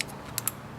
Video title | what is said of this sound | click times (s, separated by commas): BMW 3 series spark plug or coil change simple and easy | Alright, and you hear it snap as it goes like that, then you're good to go. | 0.5 s